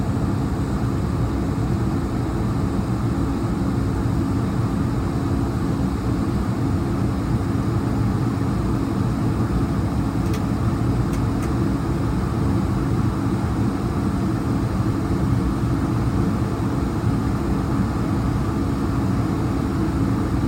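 Steady engine roar inside an airliner cabin, a dense low rumble with a constant hum and hiss above it that barely changes over the whole stretch. Around ten to eleven seconds, three faint sharp clicks cut through the drone.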